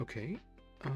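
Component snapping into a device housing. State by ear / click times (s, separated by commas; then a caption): not seated / none. A component is handled over a handheld device's housing during a refurbish, with background music playing and someone talking. The part has not seated or snapped into place yet, so no click is heard.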